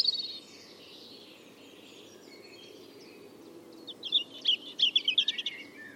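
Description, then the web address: European robin delivering a single bright phrase of high, tinkling whistles and trills after several seconds of faint sound, over steady background noise. "Deverinetal 2025 File origin Bird Only Er Ru"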